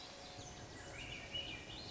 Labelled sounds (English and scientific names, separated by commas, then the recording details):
Swainson's Thrush (Catharus ustulatus)
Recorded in Sonoma County, California